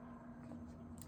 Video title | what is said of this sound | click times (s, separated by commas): The 1847 Colt Walker. GTT Ep. 4 | is what holds the loading lever up as you can hear it snap into place that is what holds it | 1.0 s